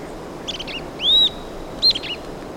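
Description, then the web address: Southern beardless-tyrannulet song: a bright, clear arched whistle, then a short high note, with soft chattering notes around them over a steady hiss. Recorded in Ecuador. "Birds of Ecuador. Southern Beardless-Tyrannulet"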